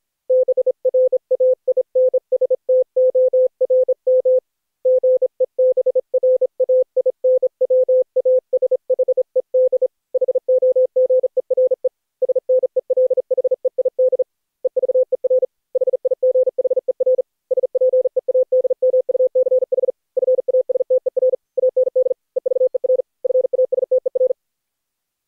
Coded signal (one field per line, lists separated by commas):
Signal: Morse code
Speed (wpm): 40 wpm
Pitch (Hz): 510 Hz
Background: none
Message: BRAINSTORM GEBRAINWASHED HOGERE SNELHEID EVER HIGHER SPEAD MUCH FASTER AND EVER FASTER